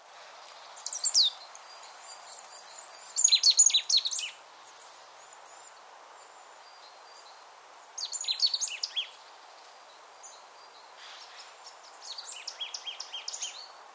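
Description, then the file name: Marsh tit calls: quick clusters of high, sharp notes, a loud series early, then quieter groups around eight and twelve seconds, over a faint hiss. "Poecile palustris"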